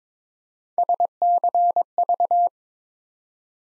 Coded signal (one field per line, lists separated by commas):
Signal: Morse code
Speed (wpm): 23 wpm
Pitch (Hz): 700 Hz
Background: none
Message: SCV